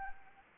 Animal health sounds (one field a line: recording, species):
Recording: mosquito wingbeat signal from an infrared sensor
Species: Anopheles arabiensis